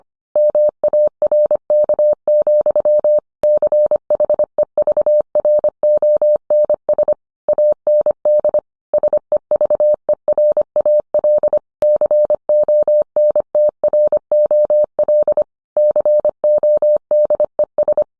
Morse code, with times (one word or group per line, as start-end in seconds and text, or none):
0.4-3.2 MARK,
3.4-7.1 CHEVRONS
7.5-8.6 AND
8.9-11.6 SEVERAL
11.8-15.4 CONTROL
15.8-18.0 CODES